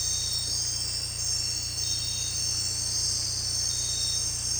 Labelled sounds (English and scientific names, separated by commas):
none